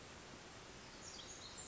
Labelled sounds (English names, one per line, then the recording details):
Pacific Wren
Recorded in Sonoma County, California